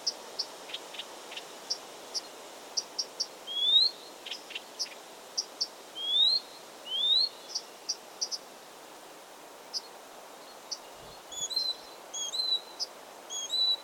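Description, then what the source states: Blyth's reed warbler song with frequent dry clicks between rising whistled slurs repeated several times, then quicker high chirping notes. Recorded 16 June 2022.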